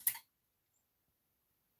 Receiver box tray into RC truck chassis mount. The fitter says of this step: It locks into place.